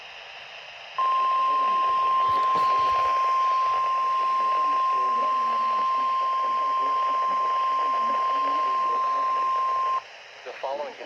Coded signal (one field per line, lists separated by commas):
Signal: Emergency Alert System (SAME) tones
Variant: 1050 Hz attention tone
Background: speech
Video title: DOUBLE HEADER! DESTRUCTIVE/PDS SEVERE THUNDERSTORM WARNINGs EAS#89-90 of 2026 #noaaweatherradio